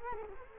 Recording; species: mosquito wingbeat signal from an infrared sensor; Culex quinquefasciatus